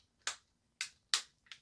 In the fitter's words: okay it locks in place